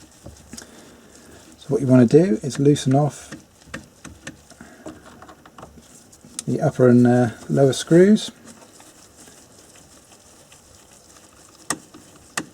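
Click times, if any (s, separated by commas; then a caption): 11.7 s, 12.4 s. Someone talks while the upper and lower captive clamp screws in the wiper stalk switch housing of a 2001–2008 Audi A4/S4/RS4 (B6/B7) are unscrewed, with faint small ticks in between. Two sharp clicks at 11.7 s and 12.4 s mark the screws reaching the end of their thread, showing they are fully undone and released.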